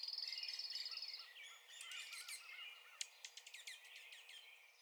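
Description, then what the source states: Dark-eyed junco trill, a fast, even, high run of identical notes lasting about a second, followed by scattered sharp chips and twitters. Recorded on 16 April 2021.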